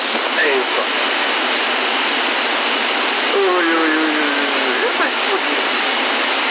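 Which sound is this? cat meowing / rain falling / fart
rain falling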